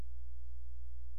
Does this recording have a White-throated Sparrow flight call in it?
no